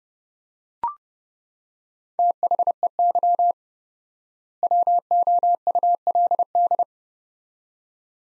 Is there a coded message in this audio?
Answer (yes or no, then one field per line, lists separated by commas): yes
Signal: Morse code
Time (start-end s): 2.2-6.8 s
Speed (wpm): 30 wpm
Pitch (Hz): 700 Hz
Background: none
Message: THEY WOULD